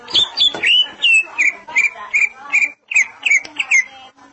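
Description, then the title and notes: Greater green leafbird song, a lively series of sweet whistled slurs and quick chirps, roughly two or three notes per second, with a short break partway through. "Suara Kicauan Burung Cucak Ijo"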